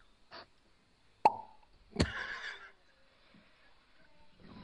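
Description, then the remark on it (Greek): A cork pops from a bottle of cheap sparkling wine with one sharp, hollow crack and a brief ringing tone, followed by another burst and a short fizzing hiss that fades within a second. “Μπουκάλι, το οποίο φελός, που βγαίνει από το μπουκάλι.”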